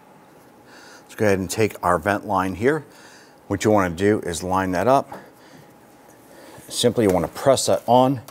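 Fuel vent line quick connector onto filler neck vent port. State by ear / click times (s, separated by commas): not seated / none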